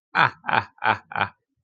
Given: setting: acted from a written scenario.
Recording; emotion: vocal sound without words; amusement